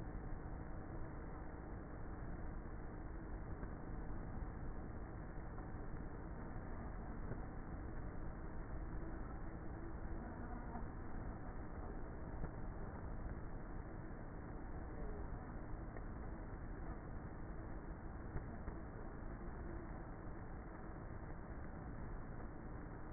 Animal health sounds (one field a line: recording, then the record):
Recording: honeybee colony, microphone inside the hive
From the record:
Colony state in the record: queenless with a low population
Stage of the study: before two queens were removed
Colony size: about 30,000 bees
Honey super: no